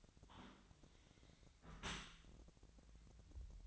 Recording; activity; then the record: daily activity, microphone in the room; close dishwasher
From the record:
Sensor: 3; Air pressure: 1003.1 hPa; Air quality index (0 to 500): 199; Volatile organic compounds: 6 ppm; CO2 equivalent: 1939 ppm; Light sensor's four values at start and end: 34/85/36/39 and 34/85/37/40